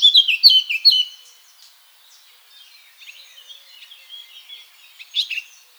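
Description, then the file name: Eurasian blackcap: a loud, fast warbling phrase in the first second, then soft scattered twitters and one brief louder note near the end. "Sylvia atricapilla"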